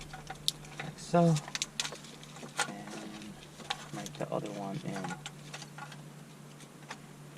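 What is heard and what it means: A second plastic wiring-harness connector from a high-definition smartphone mirroring kit for a 2020-2022 Lexus RX is handled at its socket behind the removed radio, while someone talks. Short plastic taps and handling ticks are heard, but nothing has seated or clicked yet.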